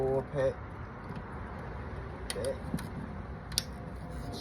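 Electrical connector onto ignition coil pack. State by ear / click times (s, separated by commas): seated / 3.6 s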